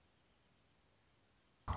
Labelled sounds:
Anna's Hummingbird (Calypte anna)
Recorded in Sonoma County, California

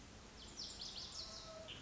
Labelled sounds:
Lazuli Bunting (Passerina amoena)
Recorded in Sonoma County, California

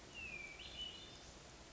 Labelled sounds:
Hermit Thrush (Catharus guttatus)
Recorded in Sonoma County, California

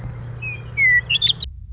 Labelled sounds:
Western Meadowlark (Sturnella neglecta)
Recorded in Sonoma County, California

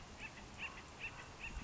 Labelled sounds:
Acorn Woodpecker (Melanerpes formicivorus)
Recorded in Sonoma County, California

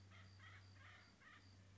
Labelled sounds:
Acorn Woodpecker (Melanerpes formicivorus)
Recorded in Sonoma County, California

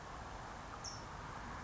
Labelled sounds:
California Towhee (Melozone crissalis)
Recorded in Sonoma County, California

